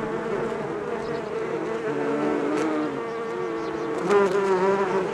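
Bees buzzing in a layered drone, one bee passing louder near the end.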